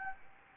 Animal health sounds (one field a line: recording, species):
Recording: mosquito wingbeat signal from an infrared sensor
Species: Anopheles gambiae